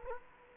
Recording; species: mosquito wingbeat signal from an infrared sensor; Culex quinquefasciatus